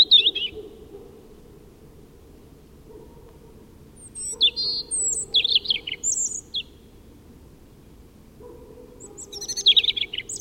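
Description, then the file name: European robin song, short high phrases of trills and thin slurred whistles separated by long silent pauses. "Erithacus rubecula"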